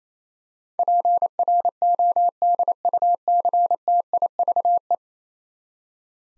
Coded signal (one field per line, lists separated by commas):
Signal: Morse code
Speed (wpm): 28 wpm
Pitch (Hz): 700 Hz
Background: none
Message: PRODUCTIVE